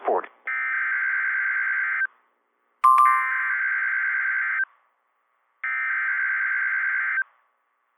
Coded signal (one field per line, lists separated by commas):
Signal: Emergency Alert System (SAME) tones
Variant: header bursts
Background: speech